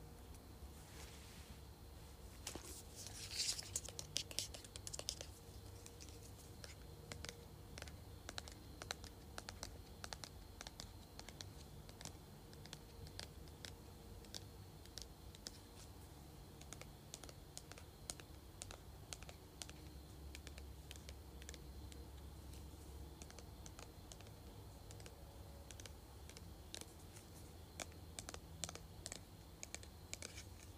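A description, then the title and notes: A spray bottle gives one short, bright hiss of spraying near the start, at about three to five seconds. After that comes a long run of sharp, irregular clicks and rattles from shaking, over a steady low hum. ASMR Shaking and Spraying Spray Bottle.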